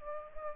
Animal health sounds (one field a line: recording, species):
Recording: mosquito wingbeat signal from an infrared sensor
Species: Aedes aegypti